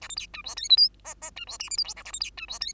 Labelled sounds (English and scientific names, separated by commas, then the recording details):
Bengalese Finch (Lonchura striata domestica) song
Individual Bird2